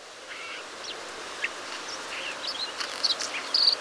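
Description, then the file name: Bluethroat calls: scattered short high notes, thin and sharp, growing brighter toward the end, with a steady hiss of background noise throughout. Recorded at Eilat, Israel, on 24 February 2019. "bthroat svecica. isr eilat"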